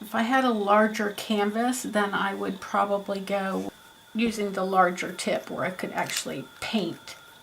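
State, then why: Not seated. Someone talks while handling an alcohol marker and working its stiff cap onto it. No click is heard, and the cap has not seated yet.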